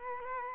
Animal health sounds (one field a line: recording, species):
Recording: mosquito wingbeat signal from an infrared sensor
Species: Culex quinquefasciatus